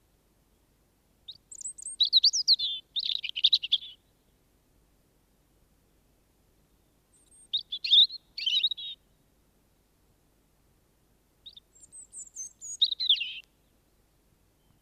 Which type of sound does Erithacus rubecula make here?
song